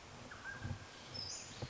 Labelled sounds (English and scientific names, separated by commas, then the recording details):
Mountain Quail (Oreortyx pictus)
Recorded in Sonoma County, California